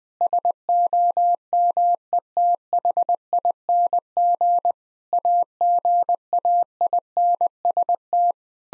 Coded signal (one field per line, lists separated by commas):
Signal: Morse code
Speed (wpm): 20 wpm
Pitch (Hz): 700 Hz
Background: none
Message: SOMETHING AGAINST